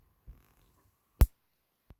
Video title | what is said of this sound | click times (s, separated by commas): Ruger American Rimfire Repair | And it'll snap right in. | 1.2 s